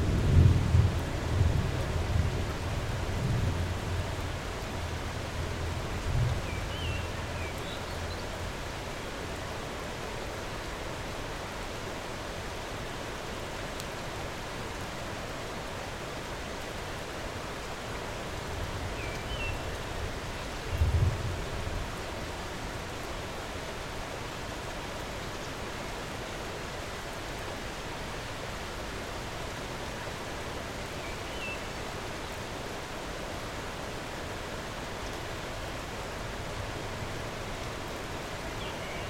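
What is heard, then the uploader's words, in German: Mountain rain falls steadily on leaves, a dense, even hiss of countless drops that holds unchanged throughout. Low rumbles swell in the first few seconds and again around twenty seconds, like thunder or wind. Faint, thin chirps surface occasionally. Bergregen. Wir reisen in die Berge und hören dem Plätschern des Regens zu, der auf die Blätter trifft.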